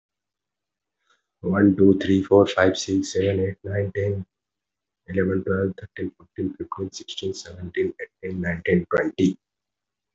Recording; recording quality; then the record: counting at a normal pace; excellent, no background noise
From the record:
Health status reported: healthy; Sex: male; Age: 22 years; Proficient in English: no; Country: India